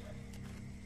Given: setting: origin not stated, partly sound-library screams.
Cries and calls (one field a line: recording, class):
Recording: one-second piece from a danger detection set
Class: normal situation